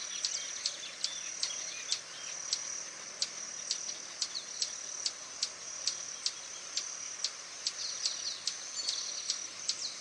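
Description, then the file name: Swallow-tailed hummingbird giving a long run of crisp, high ticks against a steady high hum. "Canto do beija flor tesoura"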